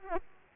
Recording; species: mosquito wingbeat signal from an infrared sensor; Aedes aegypti